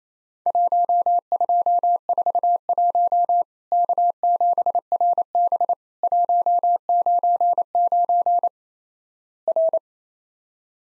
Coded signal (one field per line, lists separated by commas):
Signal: Morse code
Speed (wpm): 28 wpm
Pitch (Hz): 700 Hz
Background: none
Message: 1241 K7RB 199 R